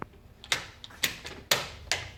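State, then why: Seated. During an outside-mount installation, a window shade's headrail is pushed up into its wall mounting brackets, producing a series of short, sharp clicks around 0.5, 1.0, 1.5 and 1.9 seconds. The strongest, a faint snap at 1.5 seconds, marks the headrail seating in the bracket, and it is confirmed snapped in.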